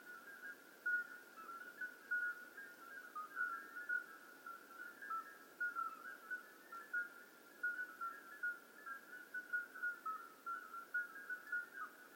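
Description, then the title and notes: Common midwife toad chorus of countless soft piping notes, each brief and clear, overlapping without pause at slightly differing pitches. Hundreds of toads giving flute-like calls simultaneously at slightly different pitches in an old disused quarry near Lerouville; calling begins at dusk, continues through the night; recorded just after midnight. "Outskirts of Lerouville. Common Midwife Toads. Recorded by Colin Hunter. Music for Sleep project"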